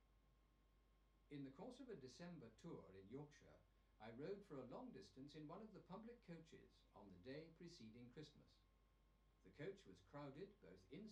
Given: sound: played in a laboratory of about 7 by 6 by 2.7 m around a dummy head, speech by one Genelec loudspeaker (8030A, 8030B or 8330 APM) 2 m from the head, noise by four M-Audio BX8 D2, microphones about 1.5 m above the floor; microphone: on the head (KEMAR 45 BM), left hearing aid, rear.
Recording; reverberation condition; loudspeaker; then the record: male speech in English; low; 120 degrees to the right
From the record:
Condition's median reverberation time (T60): about 310 ms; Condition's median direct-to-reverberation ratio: about 3.5 dB